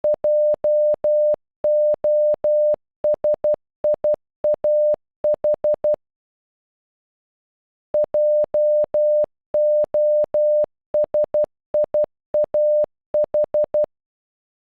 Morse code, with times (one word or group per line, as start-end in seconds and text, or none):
0.0-5.9 JOSIAH
7.9-13.8 JOSIAH